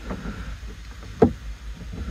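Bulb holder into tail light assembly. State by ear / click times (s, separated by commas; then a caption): seated / 1.2 s. A tail light bulb holder on a Volvo V40 is refitted into the car's plastic tail light assembly and twisted or pushed home. Over low background rumble, a single sharp snap rings out at 1.2 s as the holder seats in place.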